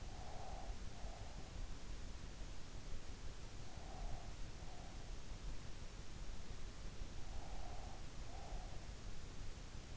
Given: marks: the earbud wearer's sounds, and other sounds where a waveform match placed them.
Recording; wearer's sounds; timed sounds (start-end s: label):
sounds in sleep by an in-ear microphone; breath
0.00-2.06 s: breath